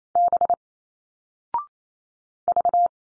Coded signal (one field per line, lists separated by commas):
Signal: Morse code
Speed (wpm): 28 wpm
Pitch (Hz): 700 Hz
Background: none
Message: B V